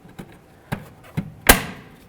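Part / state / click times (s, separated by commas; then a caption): shift cable end onto shifter assembly mount / seated / 1.5 s. On a 2005–2016 Ford Mustang shifter assembly, the white plastic shift cable end is slid over both sides of the black mount and pushed in. A few light taps at 0.2, 0.7 and 1.2 seconds lead to a sharp, bright click at 1.5 seconds as the cable end seats, and it is then tugged to check that it is secure.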